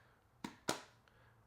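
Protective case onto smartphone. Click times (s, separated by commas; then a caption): 0.7 s. A Spigen Ultra Hybrid case, a clear hard plastic and TPU hybrid, is pressed onto a Jet Black Titanium Samsung Galaxy S25 Ultra. A short snap at 0.5 s is followed by a louder, sharper click at 0.7 s, then two faint ticks near 1.1 and 1.5 s. The case is seated on the phone, though the click does not sound especially solid.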